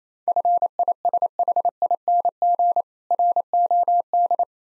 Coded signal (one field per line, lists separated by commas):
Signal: Morse code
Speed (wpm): 27 wpm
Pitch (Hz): 700 Hz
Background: none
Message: FISHING ROD